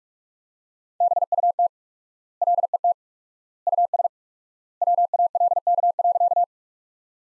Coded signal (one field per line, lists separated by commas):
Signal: Morse code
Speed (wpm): 46 wpm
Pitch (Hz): 700 Hz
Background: none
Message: BUT LET US WALK.